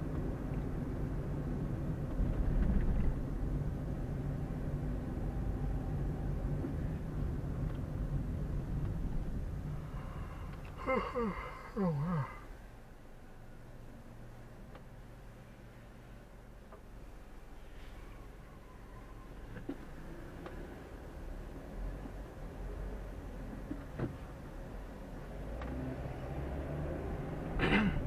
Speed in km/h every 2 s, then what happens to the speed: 28, 25, 23, 22, 16, 7, 0, 0, 0, 0, 0, 8, 9, 19.
0-11 slows to 0. 11-21 standing. 21-28 pulls away to 19.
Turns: none.